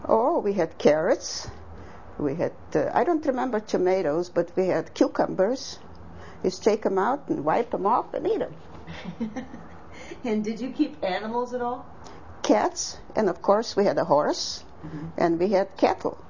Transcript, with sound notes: Oh we had carrots, we had - I don't remember tomatoes but we had cucumbers. Just take 'em out and wipe 'em off and eat 'em!
(laughs) And did you keep animals at all?
Calves and of course we had a horse and we had cattle.